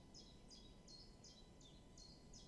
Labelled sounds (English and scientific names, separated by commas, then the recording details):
Common Chiffchaff (Phylloscopus collybita)
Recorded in Germany
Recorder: ecoPi